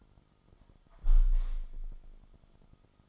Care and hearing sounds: daily activity, microphone in the room; close window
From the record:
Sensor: 5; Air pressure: 1004.7 hPa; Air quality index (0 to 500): 82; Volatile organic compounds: 2 ppm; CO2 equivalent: 981 ppm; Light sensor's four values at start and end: 34/79/32/31 and 34/79/32/31

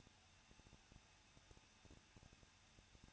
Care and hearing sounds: daily activity, microphone in the room; no activity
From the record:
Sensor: 2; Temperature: 21.0 degrees Celsius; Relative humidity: 37.5%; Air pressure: 1006.3 hPa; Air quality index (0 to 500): 223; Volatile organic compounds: 25 ppm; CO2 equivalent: 2825 ppm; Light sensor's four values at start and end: 2/3/2/2 and 2/3/2/2

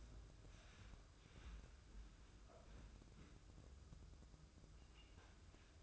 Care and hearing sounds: daily activity, microphone in the room; wipe stove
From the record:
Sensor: 2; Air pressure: 995.9 hPa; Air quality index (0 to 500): 90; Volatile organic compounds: 4 ppm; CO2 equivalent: 1638 ppm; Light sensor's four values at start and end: 22/73/28/26 and 22/73/28/26

